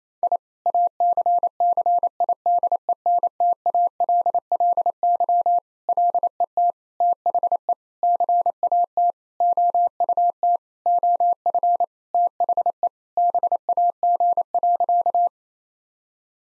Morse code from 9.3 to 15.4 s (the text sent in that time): OUT OF THE BAG.